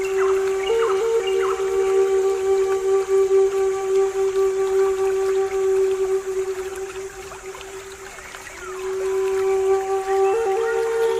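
A pan flute holds long, steady mid-pitched notes, stepping briefly higher near the start and end, growing quieter around seven to eight seconds.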